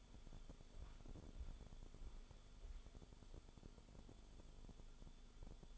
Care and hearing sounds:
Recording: daily activity, microphone in the room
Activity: walk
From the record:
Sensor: 5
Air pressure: 1015.4 hPa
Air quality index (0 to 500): 178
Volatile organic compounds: 6 ppm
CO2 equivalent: 1942 ppm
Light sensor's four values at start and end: 41/94/38/38 and 41/94/38/38

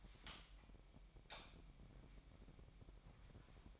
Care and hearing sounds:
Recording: daily activity, microphone in the room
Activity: light on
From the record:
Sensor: 1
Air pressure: 1012.0 hPa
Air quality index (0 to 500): 234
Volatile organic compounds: 6 ppm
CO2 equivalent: 1863 ppm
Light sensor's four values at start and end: 15/35/15/17 and 18/50/20/22

